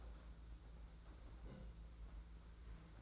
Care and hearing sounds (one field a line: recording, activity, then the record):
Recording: daily activity, microphone in the room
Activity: place on stove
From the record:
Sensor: 3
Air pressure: 991.9 hPa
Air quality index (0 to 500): 226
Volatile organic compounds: 1000 ppm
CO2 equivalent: 7780 ppm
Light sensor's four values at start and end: 27/79/32/27 and 27/79/32/27